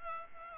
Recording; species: mosquito wingbeat signal from an infrared sensor; Aedes albopictus